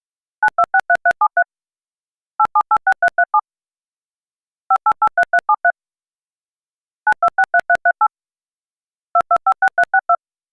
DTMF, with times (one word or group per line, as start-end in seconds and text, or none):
0.4-1.4 9263373
2.4-3.4 8786337
4.7-5.7 5883373
7.1-8.1 9263338
9.1-10.2 2256362